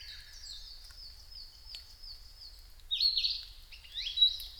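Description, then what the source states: Narcissus flycatcher delivering a long undulating high whistle, then a few louder slurred whistled notes rising and falling in quick succession. Recorded on 5 May 2008 at 07:22.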